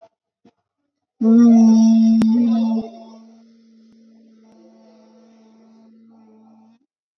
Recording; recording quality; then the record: sustained vowel as in boot; excellent, no background noise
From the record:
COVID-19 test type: RT-PCR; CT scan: not taken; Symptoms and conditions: cough, cold, fever, loss of smell and taste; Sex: female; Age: 51 years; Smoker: no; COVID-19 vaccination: both doses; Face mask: worn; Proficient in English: yes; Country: India